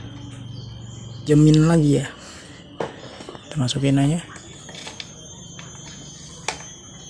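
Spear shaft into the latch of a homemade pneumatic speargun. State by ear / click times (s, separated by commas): seated / 6.5 s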